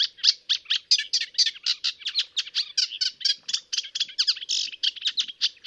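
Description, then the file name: Eurasian reed warbler singing a continuous run of grating, chirping notes in quick rhythmic succession, each note often doubled or repeated before the next changes. "Rousserolle effarvatte"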